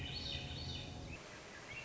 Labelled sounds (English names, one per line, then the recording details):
Swainson's Thrush
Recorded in Sonoma County, California